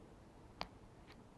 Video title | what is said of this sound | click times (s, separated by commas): 2G GPS tracker south africa NEW | there we go it's clicked in now what i do is press the on button which is right over here | 0.6 s